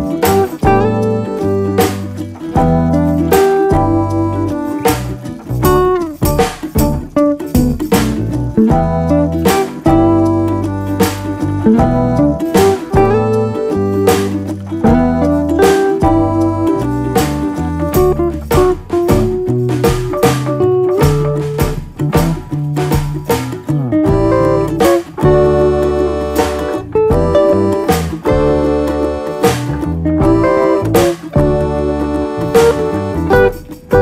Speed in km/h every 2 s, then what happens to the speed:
71, 72, 74, 74, 69, 64, 64, 68, 71, 72, 72, 74, 76, 84, 89, 92, 92.
0-6 steady at about 72. 6-12 slows to 64. 12-30 speeds up to 92.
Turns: none.